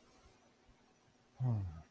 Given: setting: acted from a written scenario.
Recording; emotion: vocal sound without words; serenity